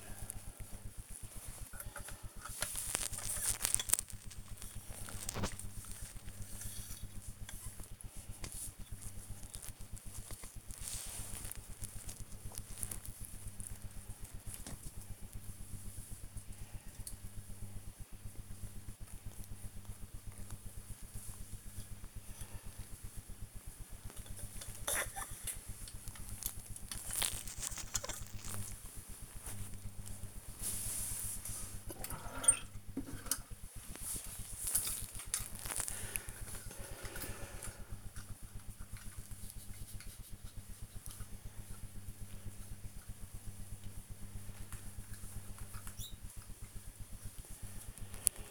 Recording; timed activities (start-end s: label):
household activities, microphone on the right wrist
0.00-48.51 s: dusting model cars